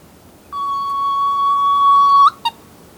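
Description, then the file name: Soft-plumaged petrel call: one drawn-out level whistle lasting about 1.7 seconds, rising sharply at the end, followed by a short separate note. "Soft plumaged Petrel Pterodroma mollis"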